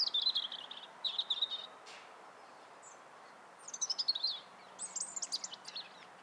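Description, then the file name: European robin singing short bursts of high, tinkling, jumbled notes with brief gaps between phrases, and a single sharp click early on. "Erithacus rubecula"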